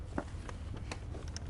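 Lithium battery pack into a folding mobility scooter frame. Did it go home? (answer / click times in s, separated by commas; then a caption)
no / none. A lithium battery pack is being inserted back into the frame of a folding mobility scooter. Faint handling knocks and taps are heard against low background hum, ending with a sharper knock at about 1.5 s. Nothing has seated or clicked into place yet.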